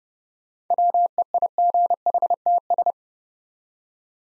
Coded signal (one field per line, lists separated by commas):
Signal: Morse code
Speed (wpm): 30 wpm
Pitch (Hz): 700 Hz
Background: none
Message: WEIGHTS